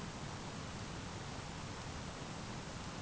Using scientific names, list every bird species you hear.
none